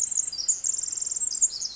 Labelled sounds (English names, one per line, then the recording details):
Pacific Wren
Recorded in Sonoma County, California